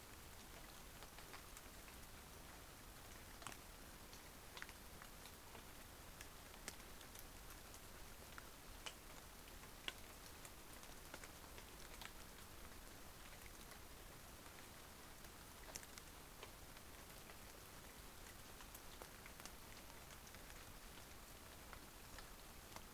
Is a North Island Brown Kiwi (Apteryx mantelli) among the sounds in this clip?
no